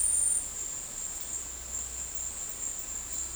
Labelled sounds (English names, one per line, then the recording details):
none
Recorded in dense forest near Puerto Asís, Putumayo, Colombia, on 19 February 2024 at 13:30
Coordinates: 0.484, -76.317
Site G6464